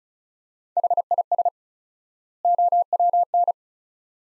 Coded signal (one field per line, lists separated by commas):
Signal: Morse code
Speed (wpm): 36 wpm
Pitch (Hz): 700 Hz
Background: none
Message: HIS OWN